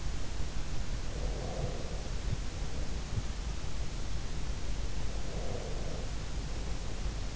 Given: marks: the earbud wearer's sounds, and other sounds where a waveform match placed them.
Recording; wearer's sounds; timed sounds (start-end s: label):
sounds in sleep by an in-ear microphone; breath
1.06-3.14 s: breath
5.25-7.36 s: breath